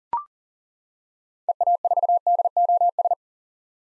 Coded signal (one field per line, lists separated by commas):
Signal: Morse code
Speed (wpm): 40 wpm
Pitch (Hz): 700 Hz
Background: none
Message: EA4DOS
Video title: 2023 SOTA Activator Call Signs - 40wpm